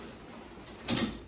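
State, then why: Seated. The middle hub bar of a fabric ice shanty frame is pushed out. A short snap sounds at 0.7 s, followed by a louder, broader click-clack at 1.0 s as the bar locks into place.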